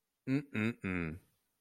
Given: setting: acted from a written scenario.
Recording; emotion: vocal sound without words; contempt